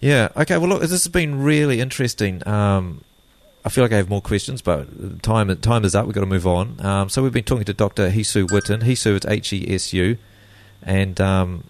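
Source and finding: Adult male speaker. Normal speech.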